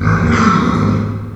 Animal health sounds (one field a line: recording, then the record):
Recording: squeal of a Yucatan mini pig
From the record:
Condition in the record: after surgery on the right vocal fold (resection and tissue-engineered implant)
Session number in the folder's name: 15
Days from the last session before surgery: 175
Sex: female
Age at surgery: 19 weeks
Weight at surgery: 25 kg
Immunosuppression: prednisolone